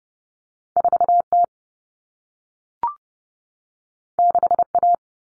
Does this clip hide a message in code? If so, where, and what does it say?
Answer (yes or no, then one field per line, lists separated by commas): yes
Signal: Morse code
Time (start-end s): 0.8-4.9 s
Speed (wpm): 30 wpm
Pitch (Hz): 700 Hz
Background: none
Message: 4T 6A